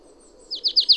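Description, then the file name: Marsh tit calling: a quick run of four high, downslurred notes starting midway, each louder than the last, over a faint low background hum. "Poecile palustris"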